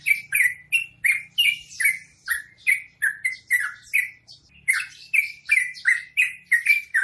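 Bird delivering scratchy downslurred chirps in a rapid run, some notes doubled, over a faint low hum.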